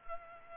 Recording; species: mosquito wingbeat signal from an infrared sensor; Culex pipiens